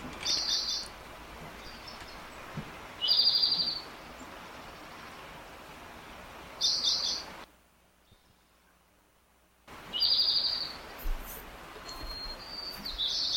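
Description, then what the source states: Spotted Towhee song: buzzy trills repeated roughly every three seconds, with a short break of silence midway. In a dawn chorus on Cortes Island; a common neighbour that scuffles in the underbrush and has at least three distinctive calls.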